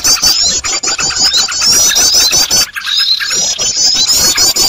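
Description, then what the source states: Birds chirping fast and shrilly as a loud group, high warbling squeaks overlapping, with one brief drop in sound. Noisy bird sounds made as a lure (pikat) recording for attracting birds.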